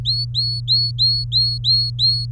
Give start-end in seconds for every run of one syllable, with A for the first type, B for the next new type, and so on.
0.05-2.26 A